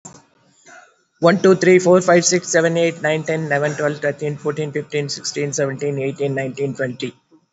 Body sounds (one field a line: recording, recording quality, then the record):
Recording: counting at a fast pace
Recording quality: moderate, slight background noise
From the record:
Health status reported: COVID-19 positive, mild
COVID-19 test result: positive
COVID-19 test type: RT-PCR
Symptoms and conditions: cough, cold, fatigue, muscle pain, hypertension, diabetes, another condition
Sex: female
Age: 72 years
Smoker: no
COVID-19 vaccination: both doses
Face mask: not worn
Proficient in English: yes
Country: India